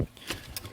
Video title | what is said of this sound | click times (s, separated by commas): SHENGKAI D97 FPV QuadCopter Drone Review (SYMA X5C/SW Killer?) - Setup, Flight Test, Pros & Cons | Push it in. Snap. | 0.6 s